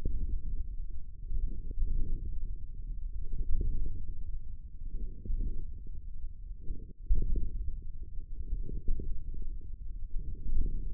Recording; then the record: forearm muscle sounds (acoustic myography)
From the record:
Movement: radial deviation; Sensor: system 1, eight BSWA MPA416 microphones around the upper forearm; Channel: 5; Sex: male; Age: 54 years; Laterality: right